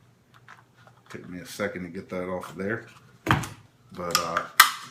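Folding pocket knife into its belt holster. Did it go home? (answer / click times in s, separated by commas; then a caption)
no / none. Someone talks while handling a large Hinderer 24 folding pocket knife and its molded belt holster, with sharp handling knocks around 3.3 s and 4.6 s. The knife has not yet snapped into the holster, so nothing has seated or clicked yet.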